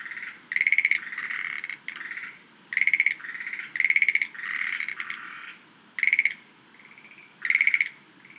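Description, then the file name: Schlegel's green tree frog calling in several short, rapid pulsed bursts, some followed by softer trailing croaks. "rodolphe alexis - rhacophorus schlegelii"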